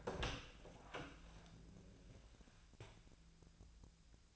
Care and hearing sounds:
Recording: daily activity, microphone in the room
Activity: open door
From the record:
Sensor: 2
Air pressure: 1000.3 hPa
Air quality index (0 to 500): 172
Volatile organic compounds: 3 ppm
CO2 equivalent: 1427 ppm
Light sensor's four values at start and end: 10/23/10/10 and 10/24/10/11

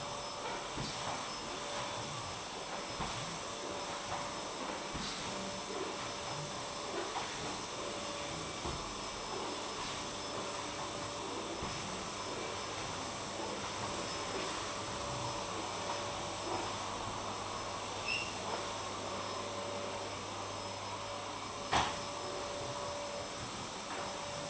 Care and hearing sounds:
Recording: daily activity, microphone in the room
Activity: vacuum cleaning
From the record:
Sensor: 1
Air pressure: 1011.9 hPa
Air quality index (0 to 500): 239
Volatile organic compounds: 6 ppm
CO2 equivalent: 1899 ppm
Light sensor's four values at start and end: 10/25/10/11 and 10/25/10/11

